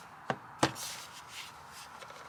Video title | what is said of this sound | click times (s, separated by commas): Purolator One is this the Best Non-OEM Engine Air Filter you can buy? Honda Civic | You can kind of feel it snap in place, and everything just looks like it fits just like a jigsaw puzzle. | 0.3 s, 0.6 s